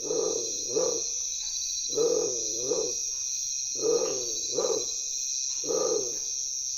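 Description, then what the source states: Bare-throated tiger heron calling: low, hoarse grunts in pairs, repeated about every two seconds, with a steady high hum behind. Heard vocalizing at nightfall, close up, near a campfire in Guatemala; gives a deep, low sound, extending the neck outward as it calls.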